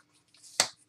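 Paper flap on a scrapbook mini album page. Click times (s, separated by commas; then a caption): 0.6 s. A folded paper flap on a page of a handmade scrapbook mini album is let go and returns to its closed position. Soft rustling builds from about 0.3 s, then a sharp snap at 0.6 s as the flap snaps back in place. The flap sits closed.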